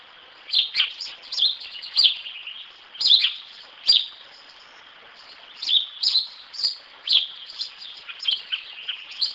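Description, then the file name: House sparrow giving a lively run of sharp chirps, clustered and uneven, with brief pauses and soft chatter in the gaps. "Pardal"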